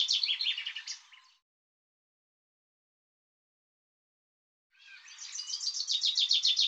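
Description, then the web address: Bird song: a fading high trilled phrase, a three-second silence, then a run of rapid, buzzy, high-pitched notes growing louder. Recording cleaned and normalized; bird labelled 'Tu Me Tu Me'. "cianscape birddata Deverinetal 2025 File cleaned normalized Bird Tu Me Tu Me"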